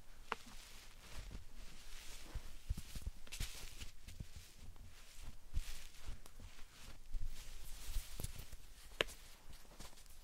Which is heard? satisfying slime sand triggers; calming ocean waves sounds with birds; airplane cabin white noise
satisfying slime sand triggers